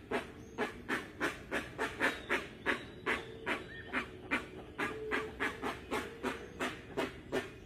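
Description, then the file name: Rusty-margined guan uttering a regular series of coarse, breathy huffs in quick succession, with faint whistling birds behind. "Canto da jacupemba"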